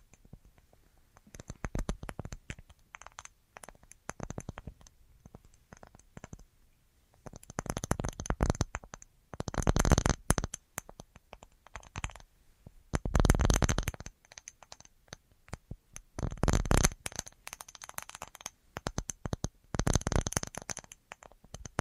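Tapping sounds come in bursts, with dense, crisp clusters of quick taps around 8–10, 13–14 and 16–18 seconds, and sparser, softer taps in between. The taps are bright and clicky, some with a faint ringing edge, separated by quiet pauses.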